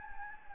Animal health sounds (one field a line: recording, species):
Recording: mosquito wingbeat signal from an infrared sensor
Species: Anopheles gambiae